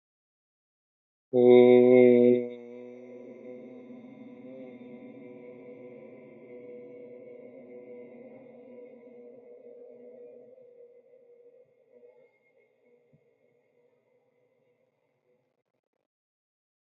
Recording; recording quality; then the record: sustained vowel as in made; excellent, no background noise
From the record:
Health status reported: healthy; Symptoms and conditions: none ticked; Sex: male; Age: 38 years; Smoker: not ticked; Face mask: not worn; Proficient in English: yes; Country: India